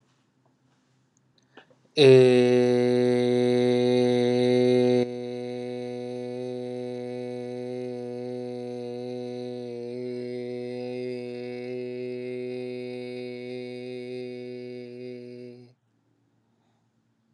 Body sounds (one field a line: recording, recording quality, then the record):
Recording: sustained vowel as in made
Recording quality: excellent, no background noise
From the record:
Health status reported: healthy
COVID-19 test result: negative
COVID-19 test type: RT-PCR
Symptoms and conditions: sore throat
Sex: male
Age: 32 years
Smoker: no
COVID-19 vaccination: both doses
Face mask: not worn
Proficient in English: yes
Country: United States